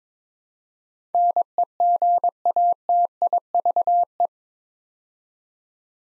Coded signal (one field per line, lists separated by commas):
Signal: Morse code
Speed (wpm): 22 wpm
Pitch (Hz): 700 Hz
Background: none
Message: NEGATIVE